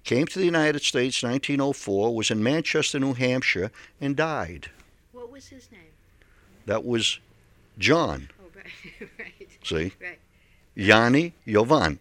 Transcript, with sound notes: Came to the United States 1904, was in Manchester, New Hampshire, and died.
What was his name?
That was John.
Oh, right. (she laughs)
See?
Right.
Yanni, Iovan.